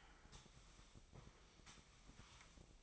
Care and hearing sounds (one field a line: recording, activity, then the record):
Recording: daily activity, microphone in the room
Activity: sweep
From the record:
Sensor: 1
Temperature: 24.4 degrees Celsius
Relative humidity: 39.3%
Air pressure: 1003.1 hPa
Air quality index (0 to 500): 197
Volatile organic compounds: 6 ppm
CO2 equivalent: 1887 ppm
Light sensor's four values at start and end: 16/38/16/19 and 16/38/16/19